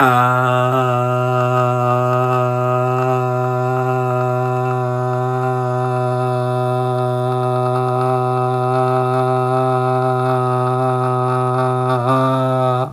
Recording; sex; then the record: sustained vowel /a/; male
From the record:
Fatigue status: no fatigue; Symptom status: asymptomatic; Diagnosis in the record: COVID-19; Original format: m4a